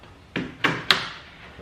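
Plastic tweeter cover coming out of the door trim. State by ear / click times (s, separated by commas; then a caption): released / 0.4 s, 0.7 s, 0.9 s. A stubborn plastic tweeter cover on an E39 car door is pulled down out of the door trim until its clips let go. Three sharp snaps ring out at 0.4, 0.7 and 0.9 seconds, each louder than the last and fading quickly, and the cover comes free.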